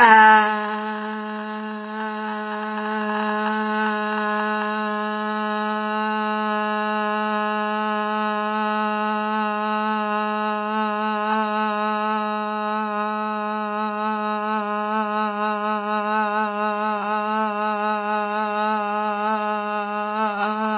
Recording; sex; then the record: sustained vowel /a/; female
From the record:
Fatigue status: no fatigue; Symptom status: symptomatic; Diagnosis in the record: COVID-19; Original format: 3gp